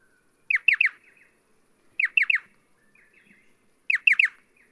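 Striated pardalote calling in quick triple notes that slide downward, the phrase given three times with soft chips between repeats.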